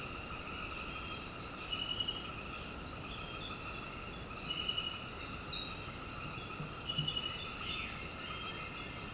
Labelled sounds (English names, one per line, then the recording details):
none
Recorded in secondary vegetation near Puerto Asís, Putumayo, Colombia, on 8 March 2025 at 18:00
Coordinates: 0.485, -76.322
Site G040